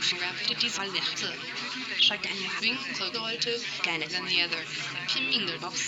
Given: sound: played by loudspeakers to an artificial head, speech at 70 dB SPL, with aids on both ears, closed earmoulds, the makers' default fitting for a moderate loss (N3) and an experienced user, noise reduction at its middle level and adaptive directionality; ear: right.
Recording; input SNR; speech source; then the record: speech test signal (ISTS) in cocktail-party noise; 0 dB; on the right (90 degrees)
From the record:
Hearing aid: class 1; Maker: A